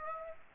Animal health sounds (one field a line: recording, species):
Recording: mosquito wingbeat signal from an infrared sensor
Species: Aedes aegypti